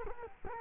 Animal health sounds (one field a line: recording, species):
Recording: mosquito wingbeat signal from an infrared sensor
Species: Culex quinquefasciatus